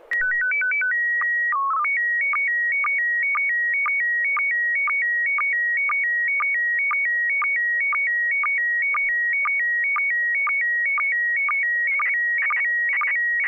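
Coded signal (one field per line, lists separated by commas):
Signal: SSTV (slow-scan television)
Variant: PD 120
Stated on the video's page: SSTV net on an FM repeater at 441.300 MHz, images sent with MMSSTV software.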